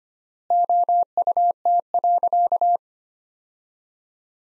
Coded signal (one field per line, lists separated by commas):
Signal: Morse code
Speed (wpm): 25 wpm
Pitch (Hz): 700 Hz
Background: none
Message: OUT.